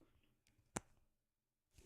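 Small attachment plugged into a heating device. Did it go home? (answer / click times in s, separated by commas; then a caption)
yes / 0.8 s. A small attachment is plugged into a heated device after first being tried the wrong way round. It clicks in once at 0.8 s with a sharp, broadband snap amid quiet room background. The attachment is seated.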